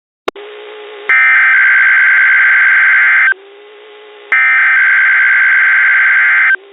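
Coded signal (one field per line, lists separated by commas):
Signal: Emergency Alert System (SAME) tones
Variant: header bursts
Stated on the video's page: NOAA Weather Radio weekly test from WXJ41 and WXL93, received via SDR and recorded from an IQ file.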